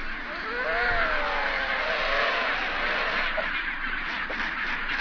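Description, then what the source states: Chinstrap penguins calling together, a dense, harsh chorus with a wavering, drawn-out cry early on and scattered short squawks after. Recorded at a rookery.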